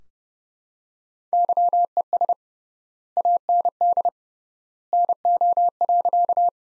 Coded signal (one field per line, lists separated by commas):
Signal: Morse code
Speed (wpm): 31 wpm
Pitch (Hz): 700 Hz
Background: none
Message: YES AND NO.